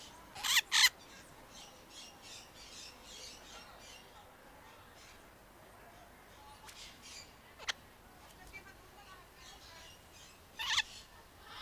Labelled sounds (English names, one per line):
Red-fan Parrot call